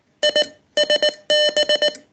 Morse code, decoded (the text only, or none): ISB